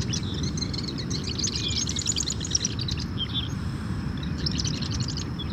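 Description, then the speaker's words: Marsh wren singing rapid bubbly, rattling high-pitched phrases, a few bursts separated by short pauses, against a steady low rumble. Bubbly song; humid, salty morning at Rockefeller Wildlife Refuge, Louisiana, a migratory bird sanctuary. "A marsh wren. Listen to that bubbly song."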